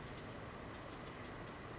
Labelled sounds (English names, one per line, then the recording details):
Western Flycatcher
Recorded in Sonoma County, California